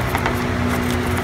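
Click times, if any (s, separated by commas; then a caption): 0.1 s, 0.3 s. The AC condenser of a 2011 Dodge Durango, dropped into the radiator housing with its tabs lined up, is snapped into place, giving two quick sharp snaps at 0.2 s and 0.3 s over a steady low hum with faint tonal lines. The condenser tabs seat in the housing.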